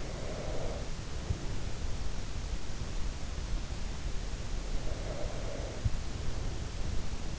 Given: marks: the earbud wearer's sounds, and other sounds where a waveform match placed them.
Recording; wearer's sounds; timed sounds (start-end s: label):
sounds in sleep by an in-ear microphone; breath
0.00-2.33 s: breath
4.15-7.24 s: breath